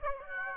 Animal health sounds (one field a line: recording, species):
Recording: mosquito wingbeat signal from an infrared sensor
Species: Aedes aegypti